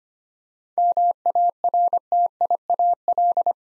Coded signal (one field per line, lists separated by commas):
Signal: Morse code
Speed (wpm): 25 wpm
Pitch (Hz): 700 Hz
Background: none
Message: MARTIAL